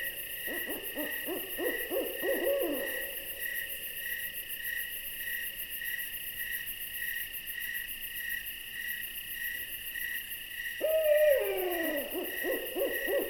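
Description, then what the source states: Owl calling twice, each a quavering, pulsed phrase, the second starting high and sliding down, with an insect chorus droning throughout. An owl visiting.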